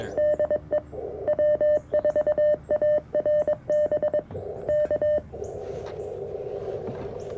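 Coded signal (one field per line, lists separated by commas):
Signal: Morse code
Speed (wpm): 23 wpm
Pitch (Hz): 600 Hz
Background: none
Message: DE W4ARB K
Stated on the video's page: QRP CW Parks on the Air activation using a CFT1 radio, a Modern Morse Nameless key, and a whip antenna with a coil.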